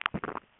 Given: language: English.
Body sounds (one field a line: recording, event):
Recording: throat vibration sensor signal played as sound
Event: swallow